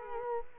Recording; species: mosquito wingbeat signal from an infrared sensor; Culex quinquefasciatus